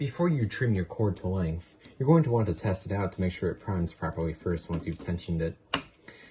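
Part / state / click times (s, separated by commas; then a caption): launcher string on plastic release catches / seated / 5.7 s. Someone talks while the priming arm of a plastic Aristocrat V3 launcher is pulled back to test that the tensioned cord primes properly before it is trimmed to length. A sharp click at 5.7 s is the string slotting onto the plastic release catches, showing it has seated, followed by a fainter sound at 6.1 s.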